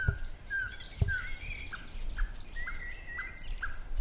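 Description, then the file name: Thrush nightingale song: drawn-out pure whistles and short chirps in a slow sequence, with two dull thumps near the start. "Naktergal"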